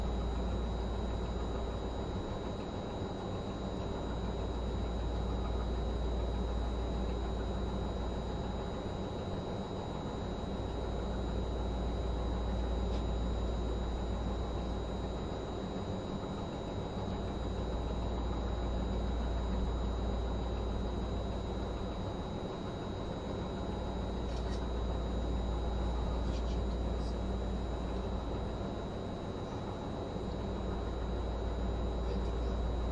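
Running noise from inside a moving vehicle: a dense, steady low rumble that swells and eases every few seconds. A thin high whine holds throughout, and a few faint ticks and squeaks surface around 13 and 24 to 27 seconds.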